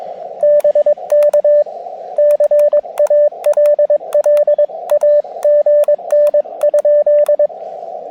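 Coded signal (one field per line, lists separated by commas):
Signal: Morse code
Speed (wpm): 22 wpm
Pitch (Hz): 590 Hz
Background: radio noise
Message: BK CALL AGN?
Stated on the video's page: Summits on the Air activation from Overlook Mountain using a KX2 and AX1 antenna at low power; good band conditions, steady stream of calls.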